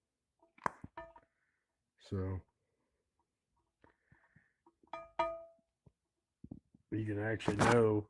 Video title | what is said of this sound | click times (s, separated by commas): Ingnition Plugs and Wires | and uh when you put it on there it'll pop make a popping noise | 0.7 s